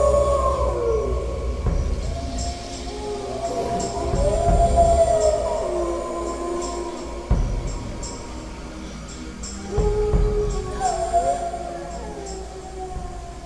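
Several wolves howl in long, overlapping, wavering tones that slide up and down in pitch, rising and fading in turns over a low rumbling background, with no one talking.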